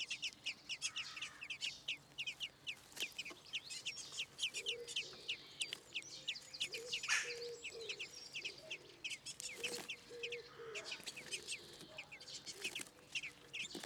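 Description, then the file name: Common blackbird calling with steady, rapid, high clipped notes throughout. "Turdus merula"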